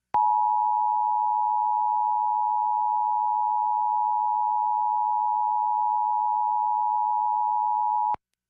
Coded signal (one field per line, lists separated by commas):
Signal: Emergency Alert System (SAME) tones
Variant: 853 and 960 Hz attention tone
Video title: EAS National Periodic Test during The Cat In The Hat Knows A Lot About That! (2018 WTTW-DT1)